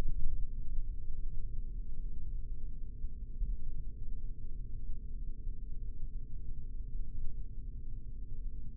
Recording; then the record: forearm muscle sounds (acoustic myography)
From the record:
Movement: rest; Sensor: system 3, bracelet of six PUI Audio POM-2738L microphones around the upper forearm, with dedicated amplification and filtering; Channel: 3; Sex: male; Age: 26 years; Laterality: right